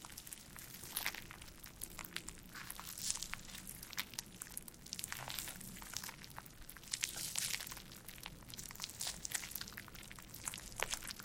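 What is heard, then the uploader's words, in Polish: A "wooden soup" of dense, steady crackling and crunching, bright clicks throughout, swelling busier around three, seven and eleven seconds. Drewniana zupa IDEALNE NA SEN ASMR po polsku!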